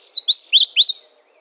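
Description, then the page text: Chestnut-crowned bush warbler call, four loud slurred whistled notes in quick succession over a clear quiet background. "Голоса птиц - Рододендроновая короткокрылая камышовка (Cettia major)"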